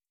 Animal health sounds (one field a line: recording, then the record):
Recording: hydrophone in a shrimp aquaculture tank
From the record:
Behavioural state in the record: starved